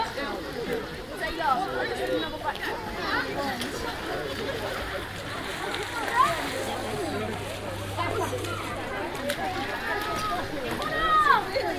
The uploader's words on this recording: Outdoor Swimming Pool 1. A sunny afternoon at the University of Exeter outdoor swimming pool. There are some hilarious little snippets of conversation to be heard amongst the splashing of divers.